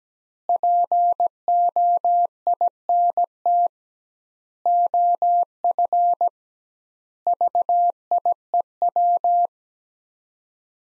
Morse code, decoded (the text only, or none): POINT OF VIEW